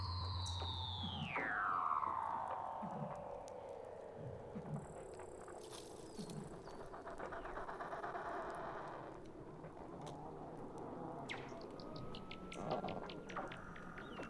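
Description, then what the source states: Weddell seal underwater calls: a steeply falling whistle sweeping down in pitch, followed by soft low chirps and buzzy pulsing, with a faint rising tone later. Weddell seals recorded underwater by Douglas Quin.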